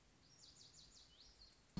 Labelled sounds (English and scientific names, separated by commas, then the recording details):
Lazuli Bunting (Passerina amoena)
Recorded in Sonoma County, California